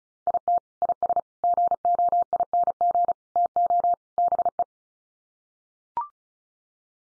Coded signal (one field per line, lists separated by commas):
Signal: Morse code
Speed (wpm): 34 wpm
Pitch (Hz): 700 Hz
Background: none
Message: IT IS GOING TO BE